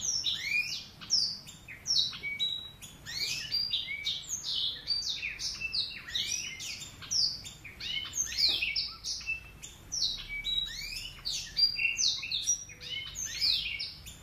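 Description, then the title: Oriental magpie-robin song, a dense run of loud, varied whistles and sweeping notes, many rising and falling, delivered almost without pause. "Kicau Kacer"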